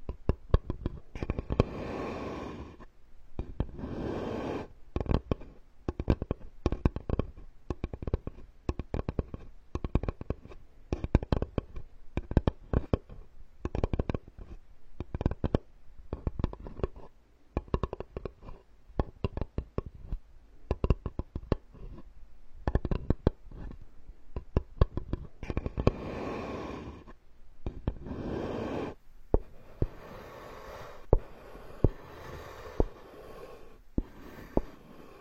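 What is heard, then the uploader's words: Ear picking and massage sounds: a dense run of sharp crackling clicks and scratches, coming in quick irregular bursts with short pauses. Softer rubbing swells rise between them, and past thirty seconds a smoother, hissy rubbing takes over with fewer clicks. Tree Ear Picking Supreme Spa Ear Massage.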